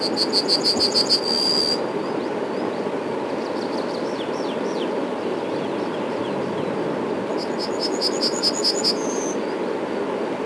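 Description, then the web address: Yellowhammer delivering two songs of rapid repeated notes, each ending in a drawn-out note, with brief thin chirps between them and steady low noise. Spring. "vremena vesna ovsjanka obiknovennaja"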